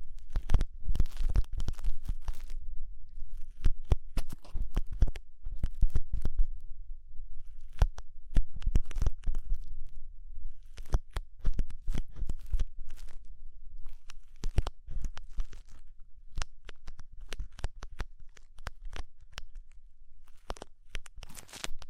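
Ear cleaning with rhinestone and clay removal: dense, irregular crackling, tearing and crunching clicks over a steady low rumble throughout.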